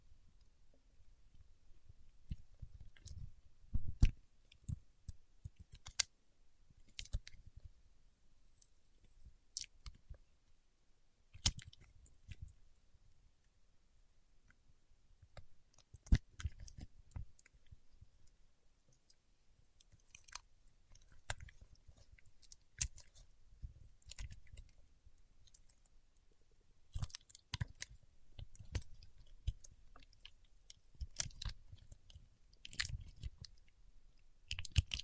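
Paraffin wax is peeled, tapped and scratched in short, irregular bursts of crisp clicks and crackles, some sharp and bright, others dull and thumpy. Quiet gaps separate clusters of activity, with denser crackling around the middle and near the end.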